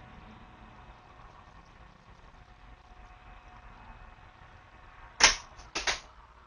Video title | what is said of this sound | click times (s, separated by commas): 2020 Jayco Octane 222 | we heard both sides click in place | 5.2 s, 5.8 s